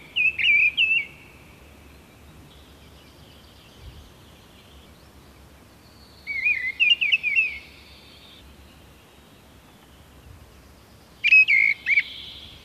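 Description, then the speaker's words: Mistle Thrush giving dry, buzzy rattling calls in three short bursts several seconds apart. Buzzing call given in autumn on lingonberry heath by a mistle thrush preparing to migrate. "syksyisellä puolukkakankaalla kuuluu muutolle valmistautuvan kulorastaan surahtava kutsuääni."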